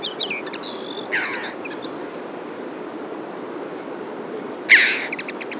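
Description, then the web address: Red-billed chough giving a harsh call late on, after scattered high chirps and whistles over low hiss. "Chough"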